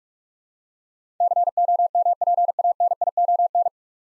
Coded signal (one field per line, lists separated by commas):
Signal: Morse code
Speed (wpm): 46 wpm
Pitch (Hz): 700 Hz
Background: none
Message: COMPANION